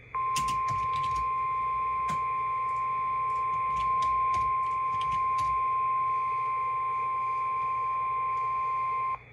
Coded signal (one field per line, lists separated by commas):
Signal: Emergency Alert System (SAME) tones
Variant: 1050 Hz attention tone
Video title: EAS 2311: NWS Bismarck DESTRUCTIVE Severe Thunderstorm Warning